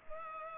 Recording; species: mosquito wingbeat signal from an infrared sensor; Culex pipiens